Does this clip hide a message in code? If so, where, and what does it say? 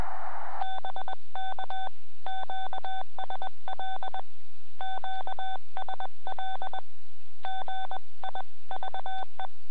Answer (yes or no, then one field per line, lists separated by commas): yes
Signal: Morse code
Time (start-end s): 0.6-9.5 s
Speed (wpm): 21 wpm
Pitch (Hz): 3500 Hz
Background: none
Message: BK QSL QSL GIVE